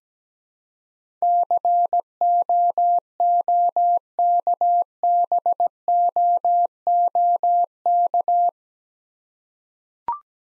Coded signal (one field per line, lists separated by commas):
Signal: Morse code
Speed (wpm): 17 wpm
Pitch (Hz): 700 Hz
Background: none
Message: COOKBOOK